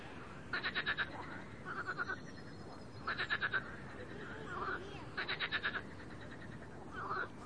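Frog giving short bursts of about five quick pulses every second or two, with softer chirps between the bursts.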